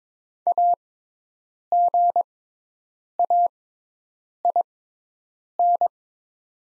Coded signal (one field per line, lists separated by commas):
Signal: Morse code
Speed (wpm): 22 wpm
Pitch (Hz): 700 Hz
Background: none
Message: AGAIN